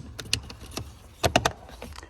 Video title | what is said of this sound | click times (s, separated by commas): Uncovering the Secret to Easy L200 Pollen/Cabin Filter Replacement! | just like make sure it's clicked in both sides and you can lift the glove box up | 0.3 s, 1.4 s